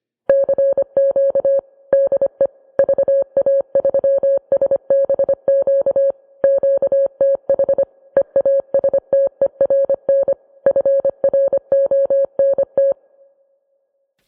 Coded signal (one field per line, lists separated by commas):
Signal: Morse code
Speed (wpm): 25 wpm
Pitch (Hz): 550 Hz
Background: music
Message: CQ DE VA3SBQ QTH EASTERN FRONT